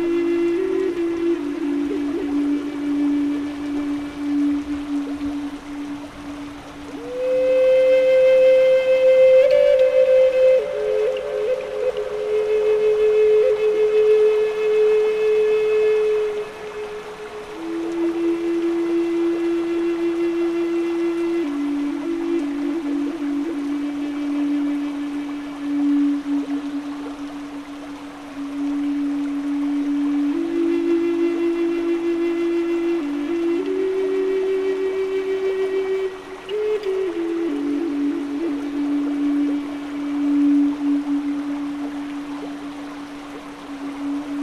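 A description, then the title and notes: A breathy wooden flute plays slow, sustained notes in a low-middle range, rising briefly higher around ten seconds, over a soft steady hiss. Native American Flutes Relaxing Music + Rain and Nature Sounds.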